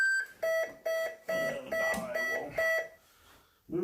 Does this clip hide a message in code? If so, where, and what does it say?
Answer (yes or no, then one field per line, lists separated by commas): no